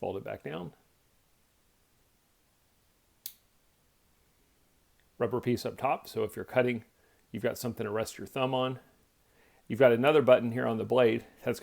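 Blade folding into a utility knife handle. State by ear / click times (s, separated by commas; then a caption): seated / 3.3 s. An Amazon Basics folding utility knife has its blade folded back down into its aluminium handle after being unlocked, and it closes with a single sharp click at 3.3 s. Someone talks before and after the click.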